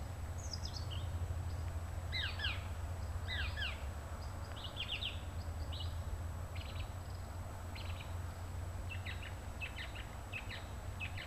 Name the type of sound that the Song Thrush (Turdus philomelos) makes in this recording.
song